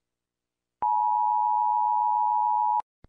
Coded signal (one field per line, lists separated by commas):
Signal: Emergency Alert System (SAME) tones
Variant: 853 and 960 Hz attention tone